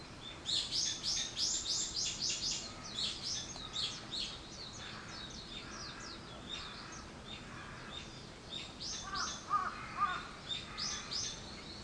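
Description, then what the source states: Bird chirps: loud, rapid high chirps at the start, then looser twittering, with a few lower warbled notes near the end. Wild birds; 21 April 2023.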